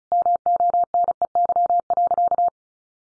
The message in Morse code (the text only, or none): MONEY.